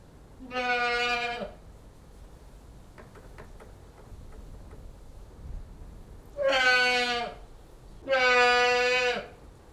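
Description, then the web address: Goat bleats: three drawn-out, steady-pitched harmonic bleats, one at the start and two close together near the end, with faint clicking sounds between them. One goat bleating, livestock. "BBC Sound Effects Library. One Old English Goat Bleating"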